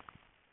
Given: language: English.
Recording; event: throat vibration sensor signal played as sound; swallow